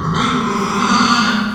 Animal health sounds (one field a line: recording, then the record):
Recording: squeal of a Yucatan mini pig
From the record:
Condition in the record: after surgery on the right vocal fold (resection and tissue-engineered implant)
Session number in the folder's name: 15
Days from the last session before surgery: 175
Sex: female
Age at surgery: 19 weeks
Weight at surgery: 25 kg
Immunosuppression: prednisolone